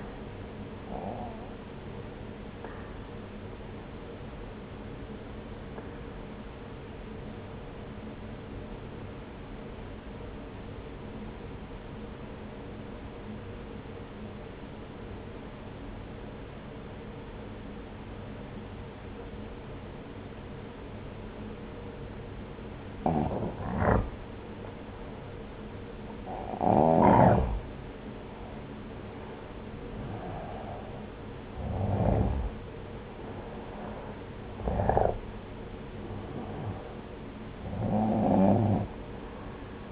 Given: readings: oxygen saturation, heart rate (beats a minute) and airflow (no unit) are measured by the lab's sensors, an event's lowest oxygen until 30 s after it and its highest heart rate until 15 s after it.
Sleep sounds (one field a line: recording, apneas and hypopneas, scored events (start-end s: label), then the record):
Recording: breathing in sleep by a voice recorder at the bedside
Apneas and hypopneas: 1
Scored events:
3.00-24.40 s: obstructive apnea (N2, oxygen 91% highest, then 86% lowest)
34.00-39.92 s: new sleep stage, N1 (lightest sleep)
From the record:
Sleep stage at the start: N2 (light sleep)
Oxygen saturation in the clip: 86 to 93%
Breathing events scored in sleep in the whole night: 303 in 8.1 hours asleep